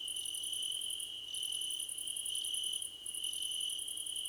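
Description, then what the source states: Cricket chorus: a constant high trill underneath, while a second, even higher caller pulses in long rapid buzzy bursts with brief gaps between them. Several crickets chirping together, described as a choir competition.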